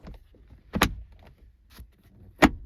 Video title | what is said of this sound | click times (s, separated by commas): How to install backup camera on a Toyota Sequoia - 2001- 2007 (1st generation) | install the center console trim by pushing down until it snaps into place | 0.8 s, 2.4 s